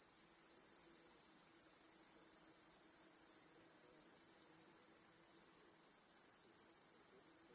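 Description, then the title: Cricket: an unbroken chorus of crickets, high, fast, evenly pulsed chirping throughout. Crickets chorusing in a home backyard at night. "Crickets in Your Backyard 🏡. Discovering the Sounds of Home"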